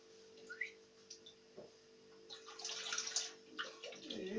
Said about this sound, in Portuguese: Vamos botar agora um pouquinho de água. Vou botar um pouquinho de água.